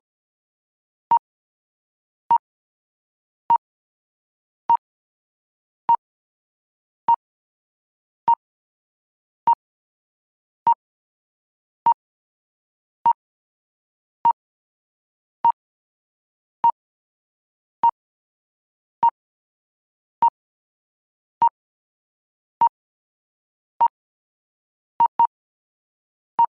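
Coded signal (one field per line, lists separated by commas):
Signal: none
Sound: sonar sound effect pings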